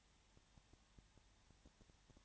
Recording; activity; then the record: daily activity, microphone in the room; no activity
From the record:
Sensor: 3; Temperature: 21.1 degrees Celsius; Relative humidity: 37.0%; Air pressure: 1010.6 hPa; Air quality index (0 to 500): 204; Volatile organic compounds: 31 ppm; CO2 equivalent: 2976 ppm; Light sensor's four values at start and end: 2/3/2/2 and 2/3/2/2